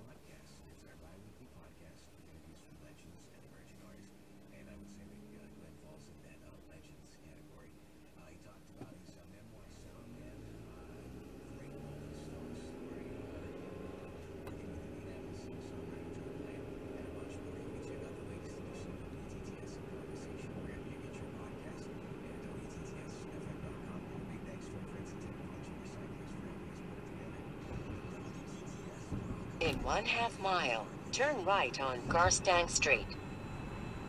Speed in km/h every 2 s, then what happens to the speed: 3, 0, 0, 0, 2, 18, 29, 37, 44, 50, 55, 60, 58, 60, 61, 63, 63.
1-8 standing. 8-21 pulls away to 60. 21-34 steady at about 60.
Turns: none.